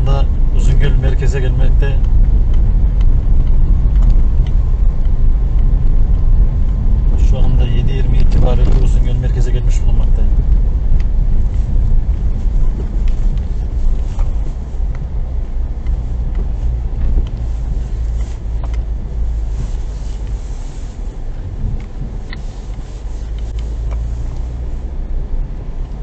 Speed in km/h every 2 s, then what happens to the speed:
32, 34, 33, 31, 28, 24, 18, 17, 16, 15, 14, 18, 19.
0-5 steady at about 33. 5-12 slows to 18. 12-19 steady at about 16.